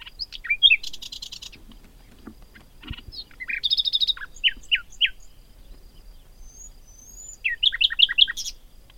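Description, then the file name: Common nightingale phrases: buzzy bursts, a dense trill, several clear downslurred notes, then a quick run of repeated notes near the end. "Luscinia megarhynchos"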